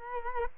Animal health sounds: mosquito wingbeat signal from an infrared sensor; Culex quinquefasciatus

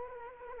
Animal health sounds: mosquito wingbeat signal from an infrared sensor; Culex quinquefasciatus

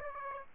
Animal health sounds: mosquito wingbeat signal from an infrared sensor; Aedes aegypti

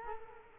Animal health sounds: mosquito wingbeat signal from an infrared sensor; Culex quinquefasciatus

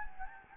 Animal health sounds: mosquito wingbeat signal from an infrared sensor; Anopheles gambiae

